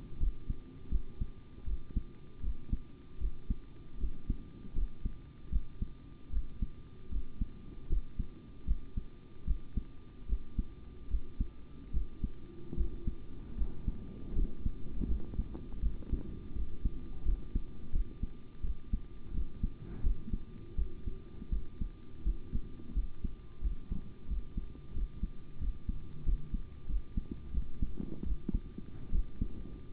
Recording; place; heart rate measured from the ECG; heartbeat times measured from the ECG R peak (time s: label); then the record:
heart sounds by stethoscope; between the tricuspid and mitral areas; 81 bpm
0.18 s: heartbeat
0.89 s: heartbeat
1.65 s: heartbeat
2.41 s: heartbeat
3.18 s: heartbeat
3.98 s: heartbeat
4.73 s: heartbeat
5.50 s: heartbeat
6.30 s: heartbeat
7.09 s: heartbeat
7.87 s: heartbeat
8.65 s: heartbeat
9.45 s: heartbeat
10.27 s: heartbeat
11.08 s: heartbeat
11.91 s: heartbeat
12.75 s: heartbeat
13.55 s: heartbeat
14.33 s: heartbeat
15.06 s: heartbeat
15.80 s: heartbeat
16.53 s: heartbeat
17.23 s: heartbeat
17.91 s: heartbeat
18.61 s: heartbeat
19.32 s: heartbeat
20.01 s: heartbeat
20.76 s: heartbeat
21.50 s: heartbeat
22.23 s: heartbeat
22.93 s: heartbeat
23.61 s: heartbeat
24.27 s: heartbeat
24.93 s: heartbeat
25.58 s: heartbeat
26.23 s: heartbeat
26.86 s: heartbeat
27.51 s: heartbeat
28.23 s: heartbeat
29.11 s: heartbeat
From the record:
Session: rest, sitting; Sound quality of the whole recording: good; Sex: male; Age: 25 years